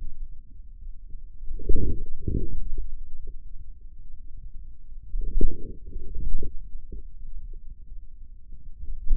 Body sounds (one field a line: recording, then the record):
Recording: forearm muscle sounds (acoustic myography)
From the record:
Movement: inward rotation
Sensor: system 2, bracelet of six BSWA MPA416 microphones around the upper forearm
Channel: 6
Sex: male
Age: 22 years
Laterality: right